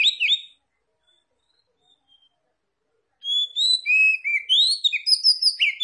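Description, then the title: Oriental magpie-robin: a short chirpy burst, a silent gap, then a rich flowing phrase of whistled notes and quick trills. Tretes is named with the bird; its singing is described as gacor, meaning vigorous, frequent song. "Kacer Tretes"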